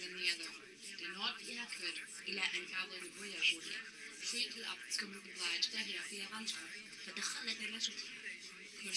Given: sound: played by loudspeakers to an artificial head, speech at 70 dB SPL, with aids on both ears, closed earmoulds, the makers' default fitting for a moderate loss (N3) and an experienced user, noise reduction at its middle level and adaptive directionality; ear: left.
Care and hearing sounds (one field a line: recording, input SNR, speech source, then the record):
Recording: speech test signal (ISTS) in cocktail-party noise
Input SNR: +3 dB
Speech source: on the right (90 degrees)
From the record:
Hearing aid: class 2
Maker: J